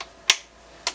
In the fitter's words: you can see the feet on the bottom that kind of snapped in place